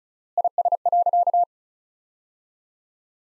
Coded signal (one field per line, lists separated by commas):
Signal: Morse code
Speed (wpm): 36 wpm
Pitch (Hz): 700 Hz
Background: none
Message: IS.